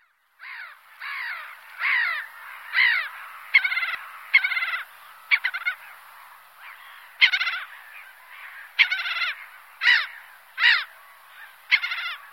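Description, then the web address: Black-headed gull harsh, grating calls, each with a downward-bending, layered tone, repeated roughly every second in an irregular series. "Cursus Vogelzang Kokmeeuw"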